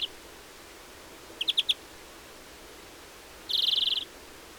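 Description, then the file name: European greenfinch with a quick three-note chatter followed by a drawn-out buzzy wheeze. "Chloris chloris"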